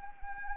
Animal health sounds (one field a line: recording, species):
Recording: mosquito wingbeat signal from an infrared sensor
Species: Anopheles arabiensis